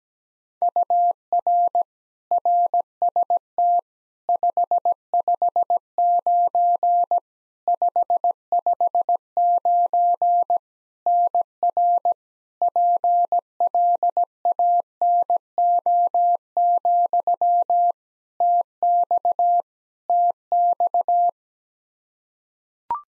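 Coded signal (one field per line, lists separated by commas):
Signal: Morse code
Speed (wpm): 17 wpm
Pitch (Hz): 700 Hz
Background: none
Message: UR RST 559 559 NR PLANO, TX TX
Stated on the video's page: Practice QSO beginning segment (RST, QTH, name) sent at 17 wpm for head-copy, sent twice.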